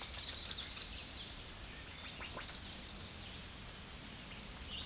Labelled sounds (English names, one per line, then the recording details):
American Redstart song
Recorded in a Pennsylvania forest on 16 May 2024 at 06:52
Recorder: AudioMoth, point MSD-0827
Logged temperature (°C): 12.1 °C
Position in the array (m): 125 m, 211 m